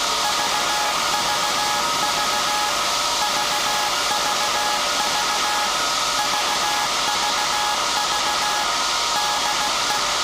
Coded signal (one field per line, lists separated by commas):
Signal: Morse code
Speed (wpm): 16 wpm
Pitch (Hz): 840 Hz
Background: music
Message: VVV VVV VVV DE